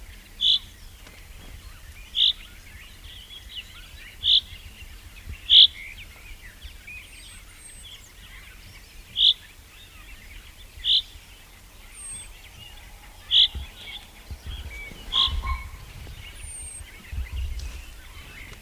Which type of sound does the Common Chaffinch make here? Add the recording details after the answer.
call. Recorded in the wild. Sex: male. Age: adult. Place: Lüdersdorf, Barnim, Brandenburg, DE. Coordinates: 52.9222, 14.0772. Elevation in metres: 53. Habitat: wood. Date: 2006-04-13 19:30. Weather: overcast, almost no wind, 10°C. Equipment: Marantz PMD 671, Sennheiser MKH 70, Popschutz. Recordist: Frommolt, Karl-Heinz